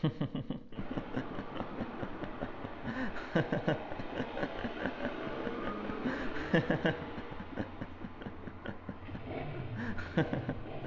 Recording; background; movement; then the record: laughter; traffic; sitting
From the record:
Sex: male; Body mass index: 22.0 kg/m2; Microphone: on the chest, facing outward